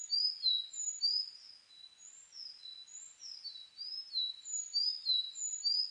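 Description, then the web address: Sakhalin leaf warbler song: thin, very high whistled notes in short slurred groups, repeated steadily with brief pauses between phrases. Recorded 29 May 2004. "2004 040529 ezomusikui"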